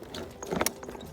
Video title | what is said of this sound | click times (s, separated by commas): How to Ride a Scooter for Beginners - Everything You Need to Know to Ride a Scooter | close it until you hear it click | 0.7 s